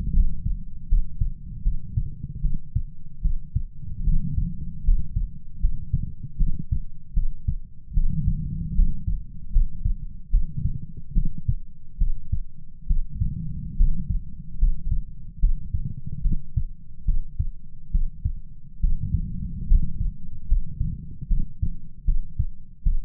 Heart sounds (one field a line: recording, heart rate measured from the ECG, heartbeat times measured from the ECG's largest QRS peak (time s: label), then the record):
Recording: heart sounds by stethoscope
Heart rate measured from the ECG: 74 bpm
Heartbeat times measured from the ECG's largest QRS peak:
0.12 s: heartbeat
0.87 s: heartbeat
1.62 s: heartbeat
2.40 s: heartbeat
3.21 s: heartbeat
4.03 s: heartbeat
4.83 s: heartbeat
5.59 s: heartbeat
6.36 s: heartbeat
7.13 s: heartbeat
7.93 s: heartbeat
8.74 s: heartbeat
9.50 s: heartbeat
10.29 s: heartbeat
11.12 s: heartbeat
11.97 s: heartbeat
12.86 s: heartbeat
13.75 s: heartbeat
14.57 s: heartbeat
15.38 s: heartbeat
16.21 s: heartbeat
17.04 s: heartbeat
17.90 s: heartbeat
18.79 s: heartbeat
19.66 s: heartbeat
20.46 s: heartbeat
21.27 s: heartbeat
22.04 s: heartbeat
22.82 s: heartbeat
From the record:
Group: healthy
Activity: rest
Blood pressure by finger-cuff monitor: 94/54 mmHg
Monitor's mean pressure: 70 mmHg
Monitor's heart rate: 75 bpm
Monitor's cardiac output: 6.7 L/min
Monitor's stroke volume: 90 mL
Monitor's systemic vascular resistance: 730 dyn s/cm5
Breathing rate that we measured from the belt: 13 breaths a minute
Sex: female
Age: 26 years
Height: 165 cm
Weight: 55 kg